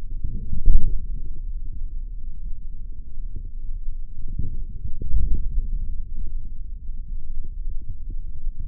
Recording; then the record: forearm muscle sounds (acoustic myography)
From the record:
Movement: forearm supination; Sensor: system 3, bracelet of six PUI Audio POM-2738L microphones around the upper forearm, with dedicated amplification and filtering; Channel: 5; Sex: male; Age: 26 years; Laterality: right